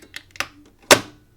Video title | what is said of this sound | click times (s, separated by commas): 267 - Keurig Classic Circulates Water Doesnt Brew | now we should hear the distinct click | 0.9 s